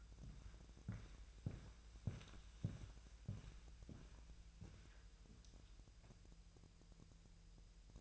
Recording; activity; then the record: daily activity, microphone in the room; walk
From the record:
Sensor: 2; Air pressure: 1001.9 hPa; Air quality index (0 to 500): 230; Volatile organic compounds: 58 ppm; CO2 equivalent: 3396 ppm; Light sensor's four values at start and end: 6/15/6/7 and 7/16/6/7